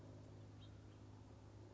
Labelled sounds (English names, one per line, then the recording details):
House Finch
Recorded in Sonoma County, California